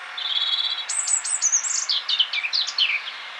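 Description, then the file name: European robin singing a fast, high, liquid phrase: a steady thin trill that breaks into tumbling, sharply slurred notes, falling toward the close. "Erithacus rubecula"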